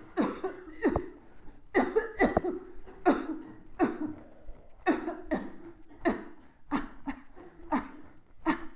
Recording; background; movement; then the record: voluntary coughing; a bystander coughing; walking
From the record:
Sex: female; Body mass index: 21.8 kg/m2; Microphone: on the chest, facing the body